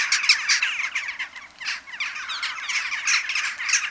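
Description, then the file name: Western jackdaw flock calling: many overlapping sharp squawks and chattering calls in uneven bursts, briefly quieter around the middle before swelling again. Many jackdaws calling together at a communal roost. "Kauwenslaapplaats - luc de bruijn"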